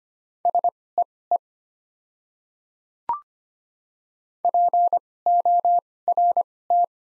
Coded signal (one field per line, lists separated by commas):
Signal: Morse code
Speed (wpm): 25 wpm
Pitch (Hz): 700 Hz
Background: none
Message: SEE PORT